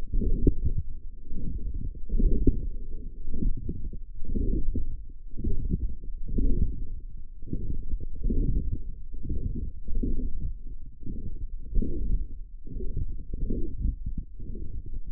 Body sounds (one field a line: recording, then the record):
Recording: forearm muscle sounds (acoustic myography)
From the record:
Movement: forearm pronation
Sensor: system 1, eight BSWA MPA416 microphones around the upper forearm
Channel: 8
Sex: male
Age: 23 years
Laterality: right